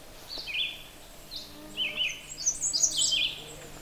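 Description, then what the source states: American Redstart singing brief, high, thin chirping phrases that shift in pattern, louder in the second half, over faint background hiss. American Redstart, a warbler, singing an erratic song that switches between song types, over a continuously singing red-eyed vireo; near ripe wild elderberry.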